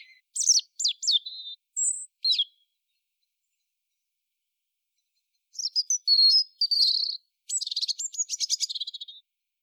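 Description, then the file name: European robin song: two high, varied phrases of thin whistles and sliding notes, the second ending in a fast rattling trill, separated by a few seconds of silence. "Erithacus rubecula"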